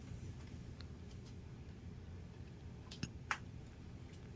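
A helmet chin strap tongue is pushed into its buckle and seats with a sharp click at 3.3 s, confirming it is fastened. A smaller tick comes just before at 3.0 s, over a low steady background hum. No one talks in the clip.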